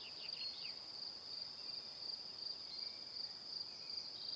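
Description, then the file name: Cricket chirping, a steady high trilling band with rapid pulses, joined early by a few faint descending notes over soft background hiss. Evening. "Calm - Evening Crickets"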